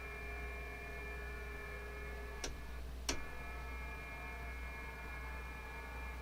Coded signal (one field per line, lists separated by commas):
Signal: FT8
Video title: FT8 Digital & rag chew